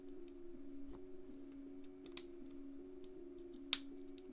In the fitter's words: snap I heard it click